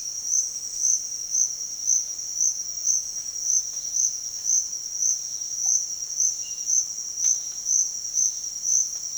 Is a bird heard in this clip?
no